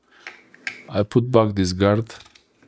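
The disc guard of a Parkside cordless angle grinder is handled as it goes back onto the gear head, after the 76 mm metal-cutting disc was swapped for a diamond disc. Short sharp handling taps sound around 0.3 s and 0.7 s while someone talks. Nothing has seated or clicked into place yet.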